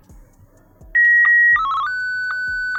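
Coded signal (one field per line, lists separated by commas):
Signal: SSTV (slow-scan television)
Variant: Martin 1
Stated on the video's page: SSTV audio tones generated from text and images with Python pysstv, played through a speaker in an air-gap exfiltration demonstration.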